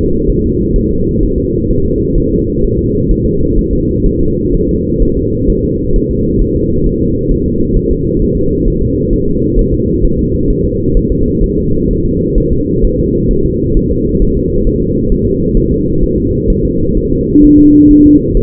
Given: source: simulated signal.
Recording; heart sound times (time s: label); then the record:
fetal heart sounds
0.30 s: S1
0.44 s: S2
0.76 s: S1
0.91 s: S2
1.23 s: S1
1.38 s: S2
1.71 s: S1
1.85 s: S2
2.18 s: S1
2.32 s: S2
2.65 s: S1
2.79 s: S2
3.11 s: S1
3.26 s: S2
3.59 s: S1
3.73 s: S2
4.06 s: S1
4.21 s: S2
4.54 s: S1
4.69 s: S2
5.02 s: S1
5.17 s: S2
5.50 s: S1
5.65 s: S2
5.96 s: S1
6.11 s: S2
6.42 s: S1
6.56 s: S2
6.87 s: S1
7.01 s: S2
7.31 s: S1
7.46 s: S2
7.77 s: S1
7.91 s: S2
8.22 s: S1
8.37 s: S2
8.68 s: S1
8.82 s: S2
9.13 s: S1
9.28 s: S2
9.59 s: S1
9.74 s: S2
10.05 s: S1
10.19 s: S2
10.51 s: S1
10.65 s: S2
10.97 s: S1
11.12 s: S2
11.44 s: S1
11.58 s: S2
11.91 s: S1
12.05 s: S2
12.38 s: S1
12.53 s: S2
12.85 s: S1
12.99 s: S2
13.31 s: S1
13.46 s: S2
13.77 s: S1
13.92 s: S2
14.22 s: S1
14.37 s: S2
14.67 s: S1
14.82 s: S2
15.12 s: S1
15.27 s: S2
15.57 s: S1
15.72 s: S2
16.03 s: S1
16.18 s: S2
16.50 s: S1
16.65 s: S2
16.97 s: S1
17.12 s: S2
17.45 s: S1
17.59 s: S2
17.91 s: S1
18.06 s: S2
18.37 s: S1
From the record:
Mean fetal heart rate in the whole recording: 130 bpm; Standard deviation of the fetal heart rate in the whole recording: 4 bpm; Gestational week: 38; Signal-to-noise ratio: -15.3 dB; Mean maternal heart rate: 72 bpm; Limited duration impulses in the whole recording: present